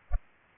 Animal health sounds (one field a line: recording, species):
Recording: mosquito wingbeat signal from an infrared sensor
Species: Culex pipiens